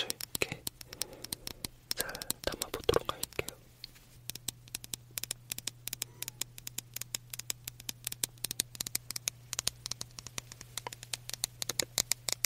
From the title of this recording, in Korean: 캔들 탭핑